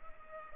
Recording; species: mosquito wingbeat signal from an infrared sensor; Culex pipiens